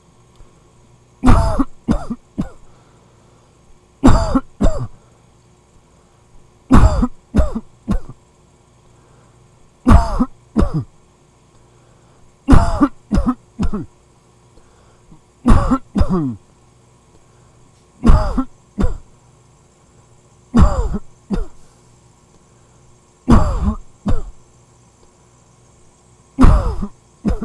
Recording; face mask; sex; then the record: voluntary coughing; none; male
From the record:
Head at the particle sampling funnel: facing it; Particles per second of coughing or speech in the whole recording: 19.9